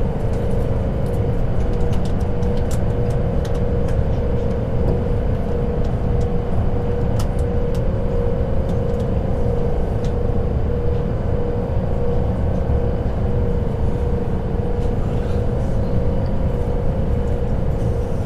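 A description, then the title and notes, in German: A night train ride: a steady, dense low rumble with a constant hum, broken by frequent short clicks and rattles throughout. Zugfahrt in der Nacht.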